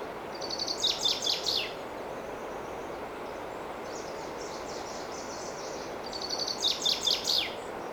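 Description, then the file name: Common chaffinch song: two short phrases, each a thin high trill dropping into a run of bright, down-slurred notes, several seconds apart, over steady hiss. "Fringilla coelebs"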